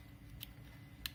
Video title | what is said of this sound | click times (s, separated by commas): Fiio X3 2 (II) MP3 Player Firmware Update | ahead and push it until it snaps into place that's it | 1.1 s